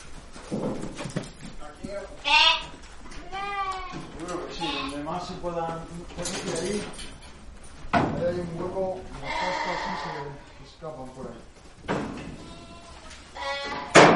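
A large transhumant flock of sheep and lambs bleating at a sheepfold in Casa de Campo, Madrid, with overlapping, wavering cries of varied pitch, some higher lamb calls among deeper ones, continuing throughout at moderate loudness.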